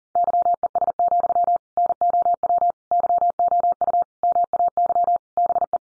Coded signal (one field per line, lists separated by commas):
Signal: Morse code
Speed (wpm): 40 wpm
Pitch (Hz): 700 Hz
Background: none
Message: YES, NOW YOU MAY BE